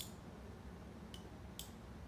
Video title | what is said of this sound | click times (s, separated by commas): Vlog 11: Dexcom G5 A New Device to Help With Bloodsugers! | know if y'all could hear the two clicks | 1.6 s